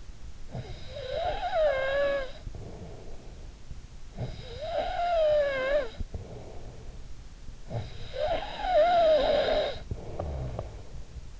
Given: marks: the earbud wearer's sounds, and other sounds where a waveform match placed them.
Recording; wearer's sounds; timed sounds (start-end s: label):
sounds in sleep by an in-ear microphone; snoring breath
0.00-11.39 s: snoring breath